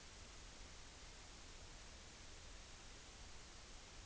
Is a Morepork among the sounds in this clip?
no